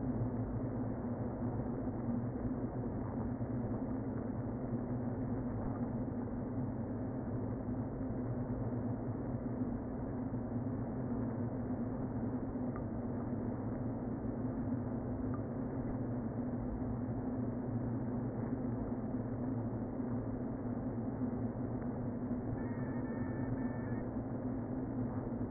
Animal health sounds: honeybee colony, microphone inside the hive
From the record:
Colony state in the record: queen present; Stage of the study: before two queens were removed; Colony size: about 60,000 bees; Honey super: yes

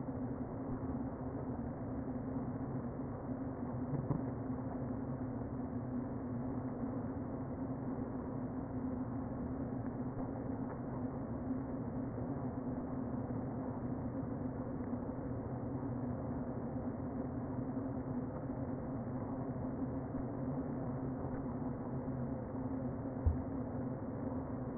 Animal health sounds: honeybee colony, microphone inside the hive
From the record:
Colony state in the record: queen present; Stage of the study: before two queens were removed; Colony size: about 60,000 bees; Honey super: yes

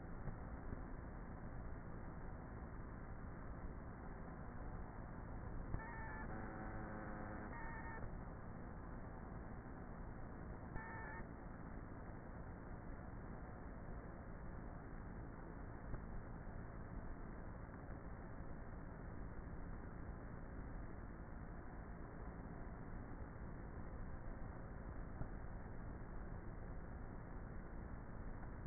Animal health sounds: honeybee colony, microphone inside the hive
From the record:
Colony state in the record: queenless with a low population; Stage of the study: before two queens were removed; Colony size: about 30,000 bees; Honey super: no

